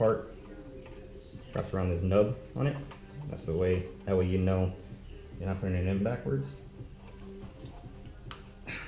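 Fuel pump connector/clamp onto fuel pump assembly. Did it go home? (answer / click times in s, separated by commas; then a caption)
yes / 8.3 s. During a GMC Sierra fuel pump replacement, the fuel pump connector's clamp part is wrapped around the nub and pushed home onto the fuel pump assembly while someone talks. A single sharp click at 8.3 s confirms the connector is seated.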